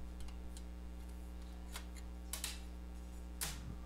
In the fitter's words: satisfying clicks